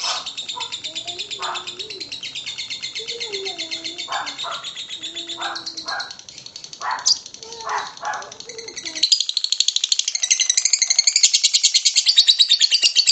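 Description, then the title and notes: Lovebird chattering song, dense rapid high twittering with lower broken notes, then a long unbroken buzzy trill of fast repeated pulses over the last four seconds. Long lovebird ngekek song, used as a bait song (kicau pancingan) to prompt other lovebirds to sing. "suara Master Kicau Lovebird ngekek, kicau pancingan"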